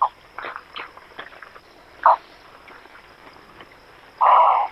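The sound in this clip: Bird calls: harsh, mid-pitched notes given in short bursts, ending with a longer, louder rasping call, over faint rustling background.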